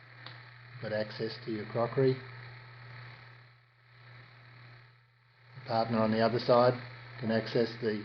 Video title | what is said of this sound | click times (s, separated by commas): innovan - functions and features review | table slides out and locks into place | 0.3 s